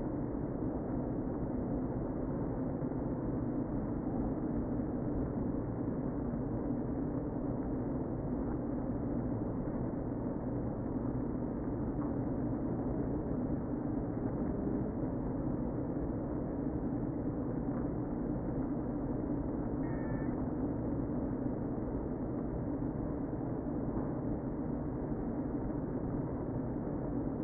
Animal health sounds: honeybee colony, microphone inside the hive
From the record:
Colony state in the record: queen present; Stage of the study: before two queens were removed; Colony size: about 60,000 bees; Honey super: yes

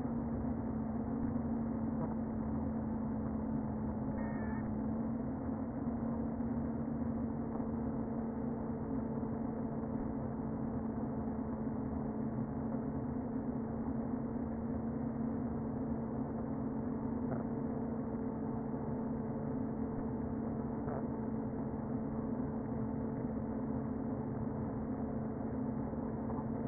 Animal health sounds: honeybee colony, microphone inside the hive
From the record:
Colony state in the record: queen present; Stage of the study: before two queens were removed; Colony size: about 60,000 bees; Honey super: yes

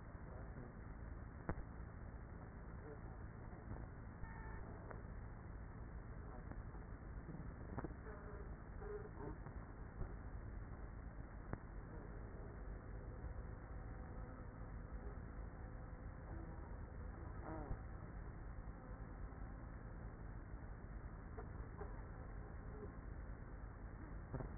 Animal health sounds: honeybee colony, microphone inside the hive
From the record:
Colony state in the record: queenless with a low population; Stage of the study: after two queens were removed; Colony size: about 30,000 bees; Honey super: no

